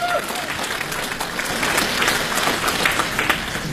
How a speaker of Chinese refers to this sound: 掌声有请。